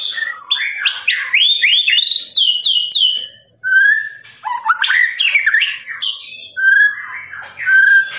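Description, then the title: Lovebird song: rapid chattering trill of sharp, rising and falling chirps in bursts, with a brief pause near the middle and thinner whistled notes later. Long trilling "ngekek" song, used as a master track for training birds. "FULL DURASI MASTERAN LOVEBIRD NGEKEK PANJANG"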